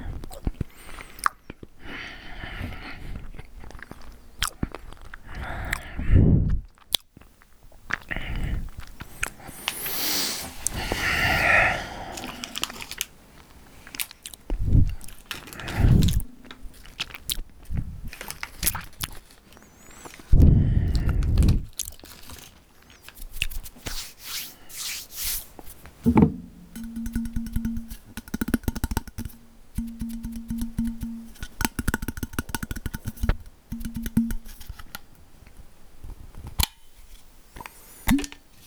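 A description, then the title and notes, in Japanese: Sounds of someone eating food: irregular wet chewing and crunchy bites, with sharper loud crunches around 6, 10 and 21 seconds. Later, a steady low hum runs beneath the chewing from about 26 to 33 seconds. 咀嚼音 食べ物を食べる音。ファンのプレゼントお菓子。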